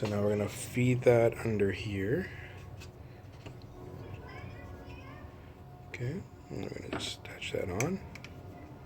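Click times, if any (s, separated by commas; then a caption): none. A spark plug wire boot, a rubber boot over a metal terminal, is handled on a 2004–2008 Grand Prix during a spark plug wire change, getting ready to be pushed onto its spark plug or coil terminal. Someone talks while small taps and handling noises sound in the background. Nothing has seated or clicked yet.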